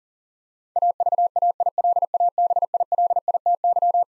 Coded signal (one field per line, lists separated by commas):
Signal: Morse code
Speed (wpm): 40 wpm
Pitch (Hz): 700 Hz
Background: none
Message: AVAILABILITY